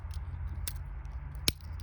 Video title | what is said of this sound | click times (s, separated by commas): VICTORINOX CAMPER Review And 12 Year Experience | here's this nice click it's a very sturdy tool | 1.5 s